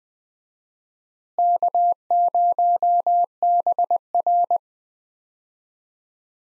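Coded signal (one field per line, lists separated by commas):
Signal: Morse code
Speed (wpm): 20 wpm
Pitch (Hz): 700 Hz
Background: none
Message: K0BR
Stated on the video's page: Morse call sign head-copy drill at 20 wpm: US 4-character call signs, each sent twice, then sent again.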